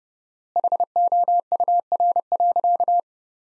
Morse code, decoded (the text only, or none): HOUR.